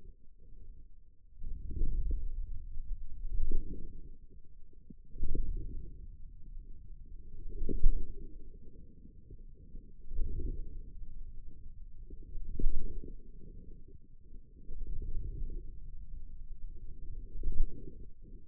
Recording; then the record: forearm muscle sounds (acoustic myography)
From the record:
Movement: wrist flexion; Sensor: system 2, bracelet of six BSWA MPA416 microphones around the upper forearm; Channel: 4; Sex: male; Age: 22 years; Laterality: right